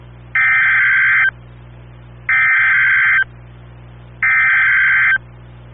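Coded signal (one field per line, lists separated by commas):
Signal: Emergency Alert System (SAME) tones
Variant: header bursts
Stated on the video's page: Tornado Warning carried on NOAA Weather Radio station.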